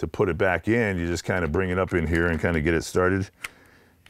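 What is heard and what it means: An unloaded pistol is brought up and started into a polymer stabilizer chassis while someone talks. The speech ends near 3.3 s, followed by quiet handling and a faint tick near 4.1 s. Nothing has seated or clicked yet.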